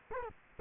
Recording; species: mosquito wingbeat signal from an infrared sensor; Culex quinquefasciatus